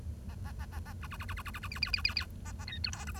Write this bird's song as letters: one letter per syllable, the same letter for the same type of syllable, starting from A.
A A A A A B B B B B B B B C C C C C A A D E F G A